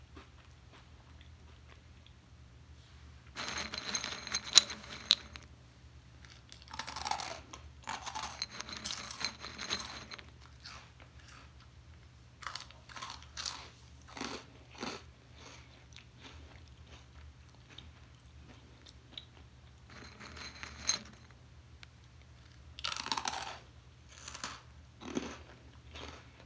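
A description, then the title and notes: Crisp crunching of a snack comes in irregular bursts, with sharp clicks and rustles between bites over a steady low hum. ASMR Radio- A crunchy snack.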